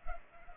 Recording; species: mosquito wingbeat signal from an infrared sensor; Culex pipiens